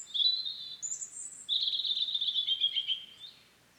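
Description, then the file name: European robin song, high thin notes and a sliding whistle leading into a long rapid tinkling warble. "Erithacus rubecula"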